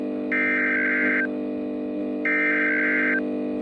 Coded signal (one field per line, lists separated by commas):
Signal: Emergency Alert System (SAME) tones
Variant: header bursts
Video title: EAS Scenario: The Great South Blizzard